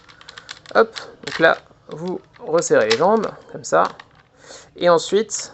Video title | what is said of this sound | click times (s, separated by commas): Sentai Robo Review #55 : Dengeki Henkei Mega Winger 電撃変形メガウインガー （フランス語） | ya un petit clic là là vous le voyez enfin vous l'entendez peut-être pas me la mets un petit clic hop | 0.5 s